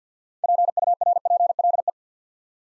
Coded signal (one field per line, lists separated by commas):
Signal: Morse code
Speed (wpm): 50 wpm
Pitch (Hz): 700 Hz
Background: none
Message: PURPLE